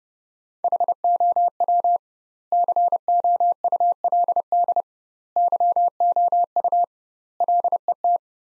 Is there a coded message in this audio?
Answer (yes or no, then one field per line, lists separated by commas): yes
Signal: Morse code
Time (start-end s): 0.6-8.2 s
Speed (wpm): 30 wpm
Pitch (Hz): 700 Hz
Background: none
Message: HOW COULD YOU LET